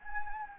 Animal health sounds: mosquito wingbeat signal from an infrared sensor; Anopheles gambiae

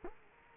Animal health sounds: mosquito wingbeat signal from an infrared sensor; Culex quinquefasciatus

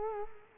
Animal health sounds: mosquito wingbeat signal from an infrared sensor; Culex quinquefasciatus

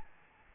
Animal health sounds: mosquito wingbeat signal from an infrared sensor; Aedes albopictus

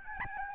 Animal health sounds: mosquito wingbeat signal from an infrared sensor; Aedes albopictus

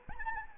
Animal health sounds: mosquito wingbeat signal from an infrared sensor; Anopheles arabiensis

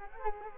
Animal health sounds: mosquito wingbeat signal from an infrared sensor; Culex quinquefasciatus

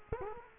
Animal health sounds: mosquito wingbeat signal from an infrared sensor; Culex quinquefasciatus

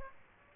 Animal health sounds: mosquito wingbeat signal from an infrared sensor; Aedes aegypti

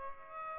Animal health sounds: mosquito wingbeat signal from an infrared sensor; Aedes albopictus

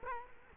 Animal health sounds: mosquito wingbeat signal from an infrared sensor; Culex quinquefasciatus

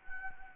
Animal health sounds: mosquito wingbeat signal from an infrared sensor; Anopheles arabiensis

